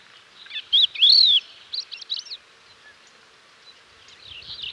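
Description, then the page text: Crested lark calls: a pair of loud, clear whistled notes, one rising then sliding down, followed by short twittering chirps and quieter notes. "Crested Lark Calls. Quick Sounds"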